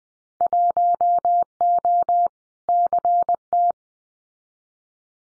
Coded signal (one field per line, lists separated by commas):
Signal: Morse code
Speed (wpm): 20 wpm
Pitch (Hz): 700 Hz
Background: none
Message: 1O CT